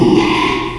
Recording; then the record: squeal of a Yucatan mini pig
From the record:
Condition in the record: after surgery on the right vocal fold (resection and tissue-engineered implant); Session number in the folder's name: 1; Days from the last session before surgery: 6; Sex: male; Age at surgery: 12 weeks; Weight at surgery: 13 kg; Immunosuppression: cyclosporine, prednisolone